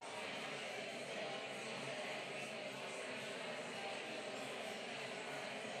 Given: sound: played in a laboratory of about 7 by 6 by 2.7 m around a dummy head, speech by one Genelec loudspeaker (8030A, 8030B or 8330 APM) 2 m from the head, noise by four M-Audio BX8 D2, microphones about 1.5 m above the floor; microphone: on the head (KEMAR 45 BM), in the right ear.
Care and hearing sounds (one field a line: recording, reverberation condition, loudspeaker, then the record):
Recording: babble noise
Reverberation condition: high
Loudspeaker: four, about 170 cm from the corners of the room and facing them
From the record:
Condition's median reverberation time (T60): about 1300 ms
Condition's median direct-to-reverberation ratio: about -4.0 dB